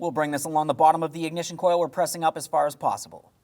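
A spark plug wire boot, lubricated with dielectric grease, is pushed up along the bottom of the ignition coil on a 2007–2014 GMC Sierra 2500 HD 6.0L V8 while someone talks throughout. Nothing has seated or clicked onto the coil yet.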